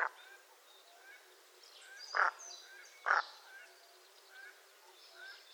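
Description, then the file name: Common Merganser with two clear, harsh croaking notes a second apart, several fainter calls around them, and soft high chirping in the background. Hokkaido. "kawaaisa hokkaido"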